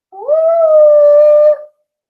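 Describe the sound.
A child imitates a dog's howl with one long vocal "ooo" that rises briefly at the start, then holds a steady mid pitch for about a second and a half, loud and alone.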